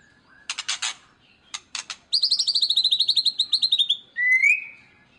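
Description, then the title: White-rumped shama song: harsh clicking notes, a fast descending trill, then one bright rising whistle, clear against a quiet background. Vigorously singing ('gacor') white-rumped shama used as a lure to make other birds respond. "PANCINGAN MURAI BATU GACOR"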